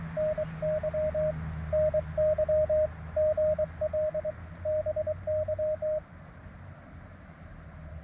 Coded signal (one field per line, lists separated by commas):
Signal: Morse code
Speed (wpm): 24 wpm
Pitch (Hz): 620 Hz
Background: radio noise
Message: NY NY GL BY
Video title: Bicycle + Morse Code + POTA = A Great Summer Evening!